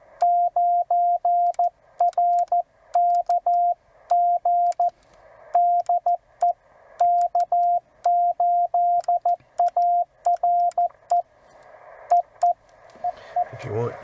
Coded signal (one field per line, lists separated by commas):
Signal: Morse code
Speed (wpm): 16 wpm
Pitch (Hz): 700 Hz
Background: speech, radio noise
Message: 9RKG DE K8ARE EE EE